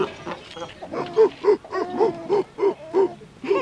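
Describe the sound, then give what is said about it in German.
A series of short, barking calls from seals repeats in a quick, uneven rhythm, each a brief harmonic yelp, as the seals call back and forth with a faint murmur of voices behind. “Na ja, das sind die Robben oder Seehunde, nicht?”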